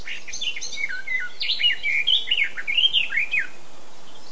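Eurasian blackcap warbling song: a tumbling run of clear, slurred whistles that swoop up and down for about three seconds, then stops.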